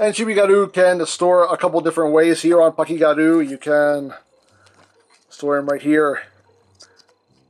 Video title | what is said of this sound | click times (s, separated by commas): Ryusoulger DX PACHYGAROO | just slide them back he clicks into place there you go | 6.8 s